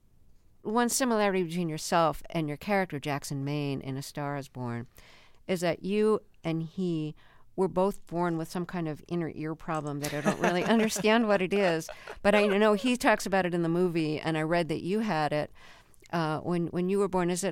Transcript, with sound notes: One similarity between yourself and your character Jackson Maine in "A Star Is Born" is that you and he were both born with some kind of inner ear problem that I don't really understand what it is.
(Laughter).
But I know he talks about it in the movie. And I read that you had it when you were born.